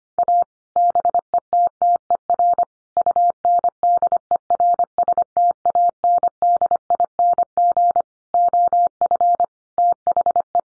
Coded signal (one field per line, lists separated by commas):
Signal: Morse code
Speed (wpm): 25 wpm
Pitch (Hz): 700 Hz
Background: none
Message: A BETTER UNDERSTANDING OF THE